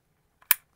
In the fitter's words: and all I need to do is plug it into the blue Port like so until you hear the click